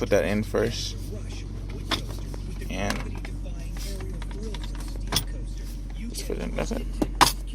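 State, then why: Seated. After the stereo is refitted, a plastic dash trim panel is pressed back into the car dashboard while someone talks. Its clips pop in with a sharp snap at 7.2 s, and the panel is seated in place.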